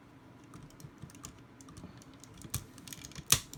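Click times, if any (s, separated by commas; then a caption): 3.3 s. A lion part is pushed into its socket on an Icarus Toys United Gokin Dark Lion Force Voltron, a combined die-cast and plastic robot figure. Light, scattered plastic tapping and clicking builds to a sharp, bright click at 3.3 s, the loudest sound in the clip. The lion part seats with a satisfying click and goes right in.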